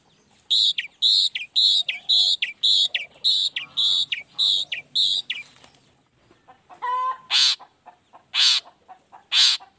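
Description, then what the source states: Long-tailed shrike repeating bright, doubled squeaky notes at a steady pace, then a nasal buzz and three loud, harsh shrieks. Cendet singing in the morning, a 'toet toet' variation of its voice, played as a stimulus to rouse lazy shrikes into singing along.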